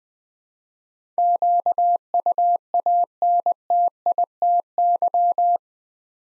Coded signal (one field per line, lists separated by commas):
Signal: Morse code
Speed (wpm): 20 wpm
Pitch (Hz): 700 Hz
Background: none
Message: QUANTITY